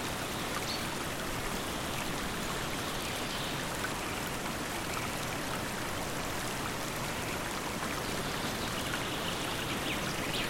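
A calm creek runs steadily through the whole stretch, a dense, even wash of moving water with a soft low rumble like a small waterfall further off. The level hardly changes, and faint bright flickers near the top suggest birds.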